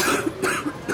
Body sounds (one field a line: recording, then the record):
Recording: coughing mixed with background sound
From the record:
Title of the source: 64 coughing, allergies, singing lungs